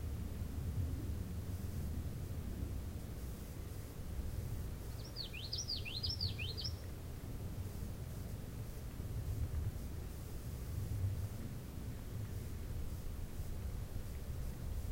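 Common yellowthroat song: a quick run of high, looping wichety-like phrases near the middle, over a steady low rumble.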